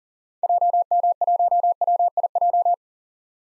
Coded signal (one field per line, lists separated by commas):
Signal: Morse code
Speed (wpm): 38 wpm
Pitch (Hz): 700 Hz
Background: none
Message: JM1WIJ